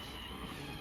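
A handheld treatment applicator is handled as it is pushed toward its port on an Orthogold Softwave shockwave therapy unit. A steady, even broadband hum with low rumble fills the 0.8 seconds, with no distinct hits. Nothing has seated or clicked yet.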